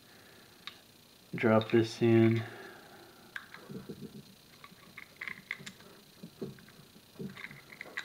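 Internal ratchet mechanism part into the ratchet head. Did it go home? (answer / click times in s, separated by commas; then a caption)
no / none. During reassembly of a vintage Husky 3/8 in. drive roundhead ratchet, a lubricated internal part is handled and dropped into the steel head while someone talks. Short, sharp metallic ticks and taps come through at scattered moments. Nothing has seated or clicked into place yet.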